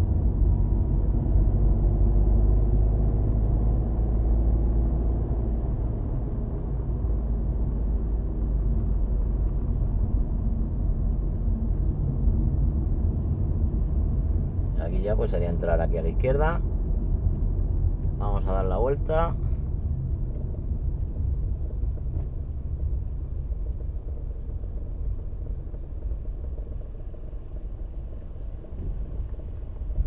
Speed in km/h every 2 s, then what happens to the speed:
38, 39, 41, 45, 43, 39, 36, 35, 36, 34, 27, 20, 14, 11, 6.
0-7 speeds up to 45. 7-13 slows to 35. 13-18 steady at about 35. 18-30 slows to 6.